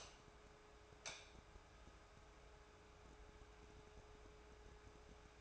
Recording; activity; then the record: daily activity, microphone in the room; light on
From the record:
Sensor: 2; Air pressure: 1010.1 hPa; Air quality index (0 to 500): 159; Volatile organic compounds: 7 ppm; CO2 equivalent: 1994 ppm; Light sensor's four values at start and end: 39/94/42/47 and 44/110/48/53